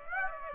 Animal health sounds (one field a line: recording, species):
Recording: mosquito wingbeat signal from an infrared sensor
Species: Aedes aegypti